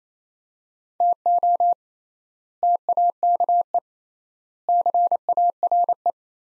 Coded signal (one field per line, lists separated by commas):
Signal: Morse code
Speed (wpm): 27 wpm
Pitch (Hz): 700 Hz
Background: none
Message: TO TAKE CARE